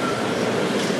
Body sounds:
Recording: background sound without coughing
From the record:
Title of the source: Office Sounds Ambience - Background Noise for Study and Work

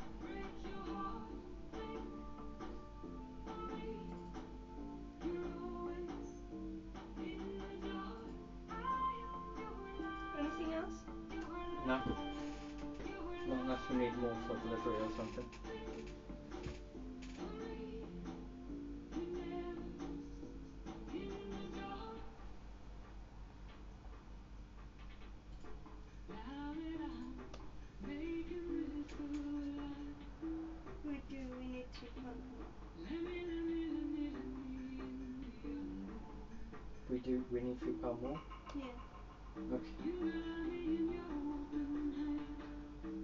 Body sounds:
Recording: background sound without coughing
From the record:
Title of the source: BackgroundMusic3

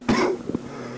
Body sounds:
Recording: coughing mixed with background sound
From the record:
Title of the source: Coughing 77

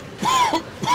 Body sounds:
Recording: coughing mixed with background sound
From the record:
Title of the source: Dry Coughing Fit in the Afternoon.

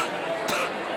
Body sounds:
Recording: coughing mixed with background sound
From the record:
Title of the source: 64 coughing, allergies, singing lungs

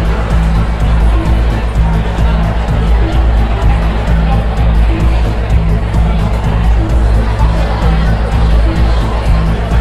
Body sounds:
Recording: background sound without coughing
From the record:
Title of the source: Party Noise 1 Hour Party Ambience

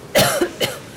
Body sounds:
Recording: coughing mixed with background sound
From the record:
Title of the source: Coughing Woman Sound - Woman Cough Sound Effect

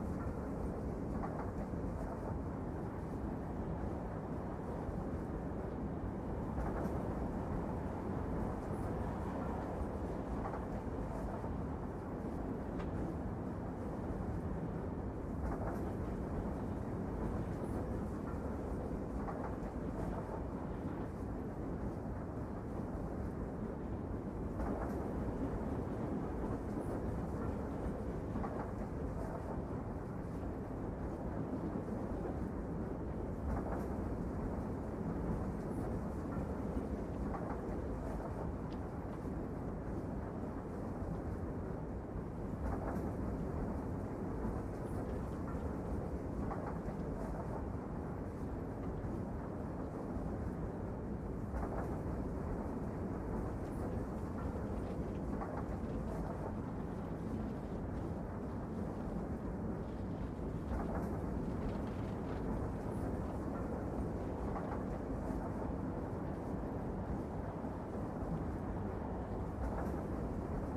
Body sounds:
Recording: background sound without coughing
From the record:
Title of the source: Train Ride Ambience ambient white noise for sleeping, focus, studying, reading

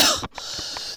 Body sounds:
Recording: coughing mixed with background sound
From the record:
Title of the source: November cold (wet coughing)

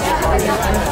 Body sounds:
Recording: background sound without coughing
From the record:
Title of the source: Nightlife Party Simulating Party Club Noise 1 Hour

